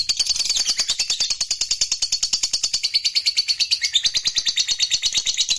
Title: LOVEBIRD Malas Bunyi JADI GREGET SPONTAN Langsung NARIK